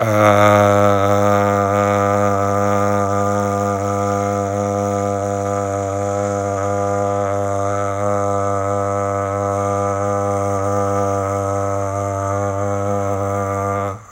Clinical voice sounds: sustained vowel /a/; male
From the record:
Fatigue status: fatigue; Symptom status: symptomatic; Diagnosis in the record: COVID-19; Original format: m4a

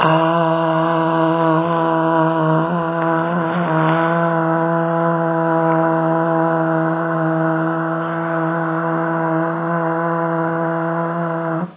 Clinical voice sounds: sustained vowel /a/; female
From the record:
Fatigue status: no fatigue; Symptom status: symptomatic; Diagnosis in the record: COVID-19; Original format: 3gp

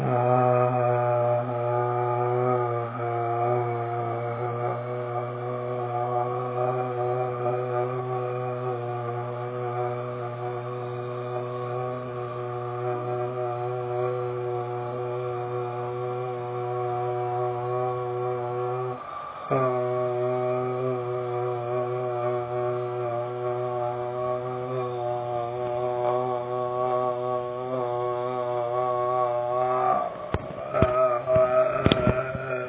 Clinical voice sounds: sustained vowel /a/; male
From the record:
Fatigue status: no fatigue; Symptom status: asymptomatic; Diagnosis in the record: COVID-19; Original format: 3gp

